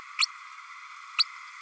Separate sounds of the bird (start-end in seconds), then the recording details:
0.18-0.26, 1.18-1.24. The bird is a female. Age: 29 days. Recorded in a nest box in Venezuela. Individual 17B32A7